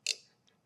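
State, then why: Seated. A pivot pin is pushed through a rifle lower receiver, chasing out the guide pin. The spring-loaded detent snaps into the pin's groove with a sharp, bright click at 0.1 s, followed by a faint tick at 0.5 s. The pin is seated.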